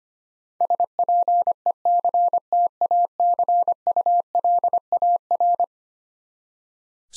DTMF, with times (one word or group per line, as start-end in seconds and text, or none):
none